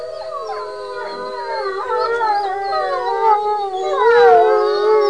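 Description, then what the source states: Wolf pack howling together, many drawn-out tones weaving and bending over one another, growing louder toward the end. Several wolves.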